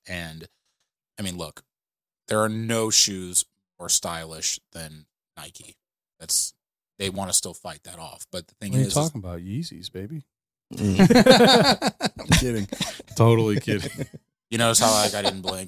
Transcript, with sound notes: And, I mean, look, there are no shoes or stylish than Nike. That's, they want to still fight that off. But the thing is-- What are you talking about, Yeezys, baby? (laughing)
I'm kidding.
Totally kidding.
You notice how I got it in blank?